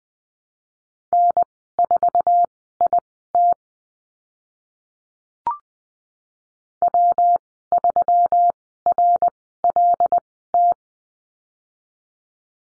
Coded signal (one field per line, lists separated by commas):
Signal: Morse code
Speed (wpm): 20 wpm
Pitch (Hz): 700 Hz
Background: none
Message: N4IT W3RLT